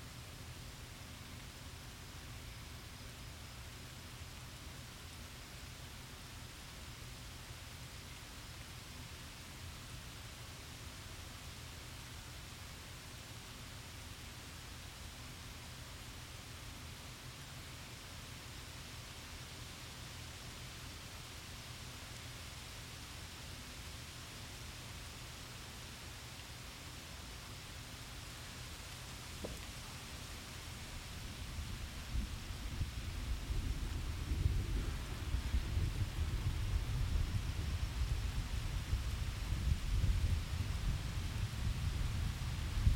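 A storm passing through Indianapolis: a steady, even hiss of rain with a faint low rumble holds for the first half minute. Around 30 seconds a deep, heavy rumble of thunder swells up and grows louder, rolling on to the end.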